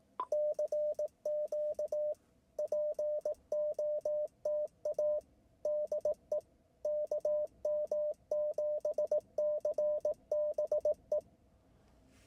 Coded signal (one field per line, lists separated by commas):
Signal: Morse code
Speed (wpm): 18 wpm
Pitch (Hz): 600 Hz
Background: none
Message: CQ POTA DE KM7CBE